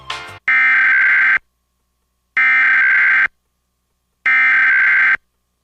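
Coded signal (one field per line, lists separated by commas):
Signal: Emergency Alert System (SAME) tones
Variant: header bursts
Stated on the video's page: Simulated EAS national test tones with valid SAME tones, able to activate NOAA weather radios.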